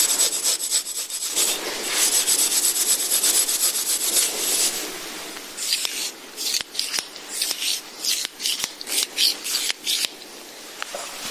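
Massage instruments being rubbed and scraped, a dense, steady hiss of friction for the first five seconds with a faint high whine above it. After that the rubbing breaks into short, uneven strokes and clicks, roughly one or two per second, with brief pauses between them.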